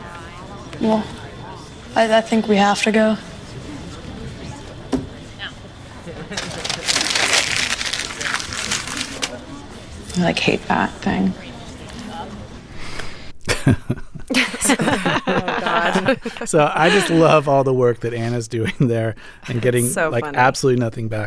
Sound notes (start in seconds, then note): 6.3 soundbite of paper crumpling; 13.4 laughter